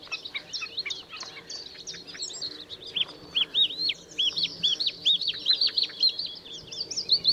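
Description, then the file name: Bluethroat song: clicking, scratchy notes first, then a rhythmic string of repeated ringing whistled syllables, delivered several per second. Recorded 13 April 2014 at Schurrsee. "Blaukehlchen 13 04 2014 Schurrsee"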